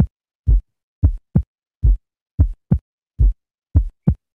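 Heart sound simulator playing a third heart sound (S3) gallop: a low-pitched extra sound in early diastole, after the second heart sound, giving a repeating triple rhythm.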